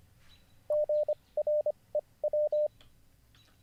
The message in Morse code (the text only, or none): GREW